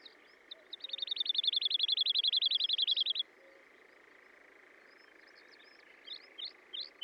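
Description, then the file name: Woodlark song: a fast, even trill of many clear notes lasting over two seconds. Scattered short chirps follow later over a steady faint hiss. "British Library - ZHavoronok Lesnoj (Zvyki com)"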